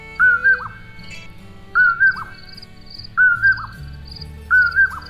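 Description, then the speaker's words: Common Poorwill repeating a clear whistled two-part call, a level note then a quick dropping note, given four times at roughly one-and-a-half-second intervals. Call that gives the bird its name; a western North American species. "The poor will gets its name from its call."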